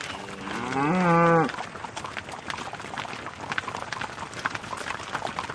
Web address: cows